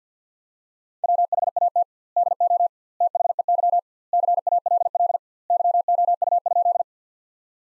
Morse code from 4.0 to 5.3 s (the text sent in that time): CALL